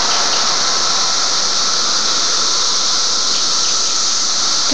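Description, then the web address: Cicadas buzz in an unbroken, loud, high-pitched drone that holds steady throughout. Recorded on 31 May 2004. "fleur cicadas"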